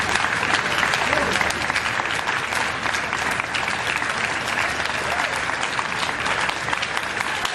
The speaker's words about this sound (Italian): Fatemi chiudere in leggerezza per modo di dire, perché si parla della morte di Gigi Proietti. Innanzitutto il grande applauso che gli è stato tributato in Piazza del Popolo.